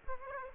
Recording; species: mosquito wingbeat signal from an infrared sensor; Aedes aegypti